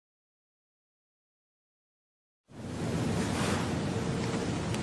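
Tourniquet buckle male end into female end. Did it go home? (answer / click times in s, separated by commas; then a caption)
no / none. The male end of a tourniquet's quick-connect buckle is being handled toward the female end. After about 2.5 seconds of silence, a steady broad rustling, handling noise begins and continues to the end. Nothing has seated or clicked yet.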